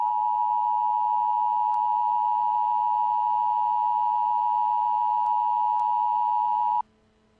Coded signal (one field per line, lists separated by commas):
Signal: Emergency Alert System (SAME) tones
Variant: 853 and 960 Hz attention tone